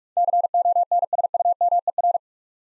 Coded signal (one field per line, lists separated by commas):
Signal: Morse code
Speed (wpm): 46 wpm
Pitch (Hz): 700 Hz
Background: none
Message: CONSUMER